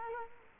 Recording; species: mosquito wingbeat signal from an infrared sensor; Culex quinquefasciatus